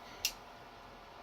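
The bottle opener blade of a Swiss army pocket knife (multitool) is folded back and snaps shut into the knife handle. A single sharp click at 0.3 s stands out over quiet background noise and fades within a few tenths of a second. The blade is seated closed in the handle.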